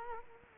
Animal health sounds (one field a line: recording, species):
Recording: mosquito wingbeat signal from an infrared sensor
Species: Culex quinquefasciatus